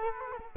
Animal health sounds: mosquito wingbeat signal from an infrared sensor; Culex quinquefasciatus

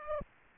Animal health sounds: mosquito wingbeat signal from an infrared sensor; Aedes aegypti

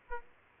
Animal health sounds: mosquito wingbeat signal from an infrared sensor; Aedes aegypti

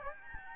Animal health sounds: mosquito wingbeat signal from an infrared sensor; Aedes albopictus

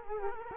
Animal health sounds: mosquito wingbeat signal from an infrared sensor; Culex quinquefasciatus

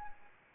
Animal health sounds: mosquito wingbeat signal from an infrared sensor; Anopheles arabiensis

